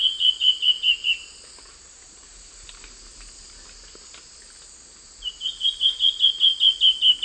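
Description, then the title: Bird trill of several rapid, evenly spaced notes slightly falling in pitch, heard at the start and again near the end, over a steady high hiss. "LuckyPassaro Completos2Sama"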